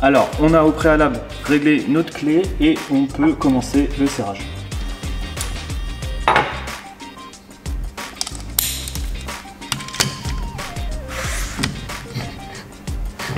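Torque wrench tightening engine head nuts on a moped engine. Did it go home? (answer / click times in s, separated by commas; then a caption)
yes / 8.6 s. Over music, someone talks, then the cylinder head nuts of a Minarelli AM6 moped engine, already finger-tightened, are tightened with a torque wrench preset to 15 Nm as recommended by Stage6. Scattered metallic ticks and knocks follow, and the wrench clicks at its setting at about 8.6 seconds.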